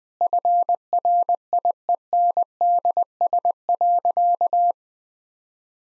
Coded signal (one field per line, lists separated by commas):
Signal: Morse code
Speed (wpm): 20 wpm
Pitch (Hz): 700 Hz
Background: none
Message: FRIENDS.